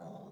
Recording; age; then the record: pig call; piglet (1 to 25 days)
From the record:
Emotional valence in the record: negative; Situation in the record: long isolation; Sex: female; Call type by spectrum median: low-frequency call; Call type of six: low-frequency stable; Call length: 0.32 s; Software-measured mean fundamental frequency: 62 Hz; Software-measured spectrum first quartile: 201 Hz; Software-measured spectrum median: 431 Hz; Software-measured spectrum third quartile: 700 Hz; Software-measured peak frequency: 177 Hz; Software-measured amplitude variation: 114 dB a second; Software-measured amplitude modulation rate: 19.1 a second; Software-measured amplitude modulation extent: 6.0 dB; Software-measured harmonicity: 1.8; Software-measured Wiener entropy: 0.10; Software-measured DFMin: 1512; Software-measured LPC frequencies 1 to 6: 680, 3595, 5860, 6839, 8692, 9741 Hz